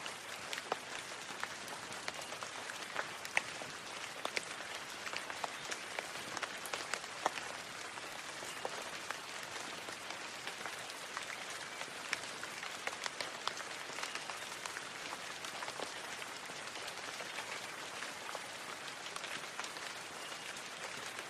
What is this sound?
Serene Rain Sounds